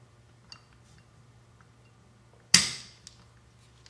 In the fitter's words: lock into place